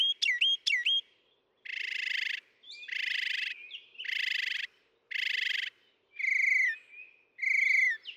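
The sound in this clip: Northern mockingbird song: two quick sharp notes, then harsh, buzzy rasping phrases repeated four times, followed by falling whistled notes repeated twice.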